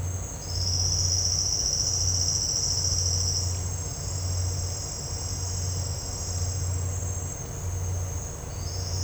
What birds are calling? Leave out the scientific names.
none